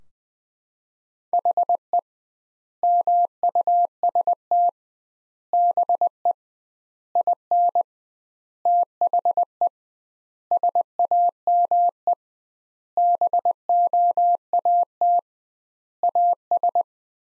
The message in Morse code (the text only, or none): HE MUST BE IN THE SAME BOAT AS